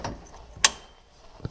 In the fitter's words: hear that click